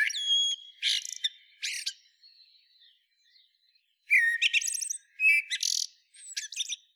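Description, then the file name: Eurasian blackbird song: whistled notes with bright high squeaks, a quiet warbling interlude, then a lively run of whistles and scratchy twittering notes. "Turdus merula"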